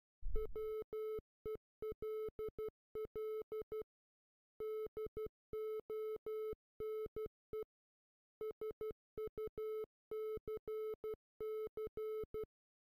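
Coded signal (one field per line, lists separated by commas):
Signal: Morse code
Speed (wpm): 12 wpm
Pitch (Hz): 1300 Hz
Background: none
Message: WELL DONE SUCC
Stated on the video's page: Morse heard in the NES game Silent Service.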